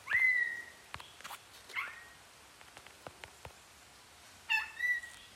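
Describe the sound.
Neumann's starling calls with clear whistles that sweep up then hold steady, one at the start and another pair near the end, with scattered clicks and taps between.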